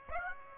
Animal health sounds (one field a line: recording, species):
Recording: mosquito wingbeat signal from an infrared sensor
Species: Aedes aegypti